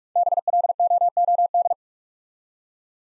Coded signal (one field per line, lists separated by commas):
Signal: Morse code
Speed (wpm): 48 wpm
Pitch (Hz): 700 Hz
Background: none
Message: BLOOD